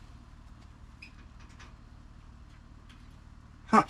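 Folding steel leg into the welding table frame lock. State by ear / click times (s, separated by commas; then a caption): not seated / none. A folding steel leg is worked into the frame lock of a folding metal welding table, but it will not lock. Against a low steady hum there is a faint short tick near 1.0 s, someone talks, and a louder brief broadband rattle comes near 3.7 s. The leg has not seated or clicked into place yet.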